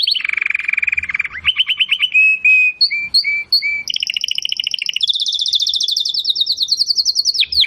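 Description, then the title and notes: Domestic canary singing continuous trilled phrases: a low rolling trill, short repeated whistled notes, then a long high rapid trill. Belgian canary singing; labelled "Campainha". "Canário Belga Campainha Canary Singing. Canario Belga Cantando"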